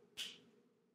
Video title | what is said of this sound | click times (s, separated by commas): Landscape Lighting Installation - How to Make a Waterproof Splice Connection | can hear the snap and that | 0.2 s